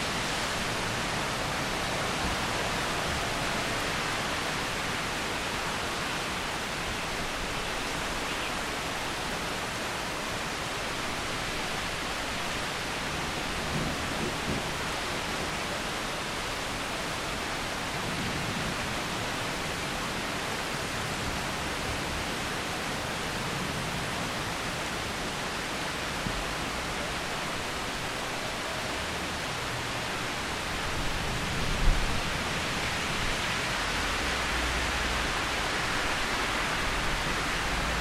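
Rain falls in a steady, dense hiss that stays even for the whole stretch, with its body in the middle and upper range and little at the bottom. A few faint swells come and go, and a brief sharper patter stands out near the 32-second mark.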